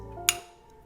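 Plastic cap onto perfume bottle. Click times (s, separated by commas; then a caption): 0.3 s. A plastic cap is pressed onto a Versace Oud Noir perfume bottle and snaps into place with a single sharp click at 0.3 s. A low, steady background tone runs underneath, and the cap is seated.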